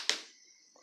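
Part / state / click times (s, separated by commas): locking washer onto safety eye shank / seated / 0.1 s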